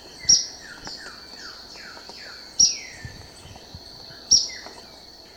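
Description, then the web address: Ornate flycatcher calls as three piercing, very high, clipped notes, with a series of slurred descending whistles in between and a constant insect hum. Recorded in Ecuador. "Birds of Ecuador. Ornate Flycatcher"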